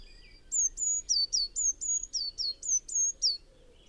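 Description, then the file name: Eurasian blue tit calling, a fast run of high, thin notes, some flat and some dropping sharply, with faint background hiss. "Cyanistes caeruleus"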